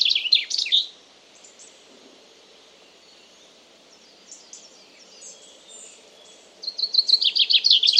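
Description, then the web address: Common chaffinch song: a bright, fast trilled phrase ends in the first second, then after quiet hiss a new rapid trill begins near the close. "Deverinetal 2025 File origin Bird Only Fr Co"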